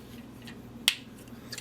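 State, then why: Seated. The plastic robot head of a Transformers Generations: Fall of Cybertron Bruticus (SDCC Exclusive) combining action figure is rotated down into the figure's torso during transformation. It locks into place with a single sharp, bright plastic click at 0.9 s, surrounded by faint handling ticks. The head is seated.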